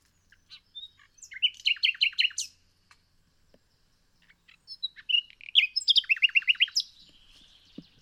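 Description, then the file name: Common nightingale singing two phrases, each with a quick run of repeated notes, separated by a pause of a few seconds. "Luscinia megarhynchos"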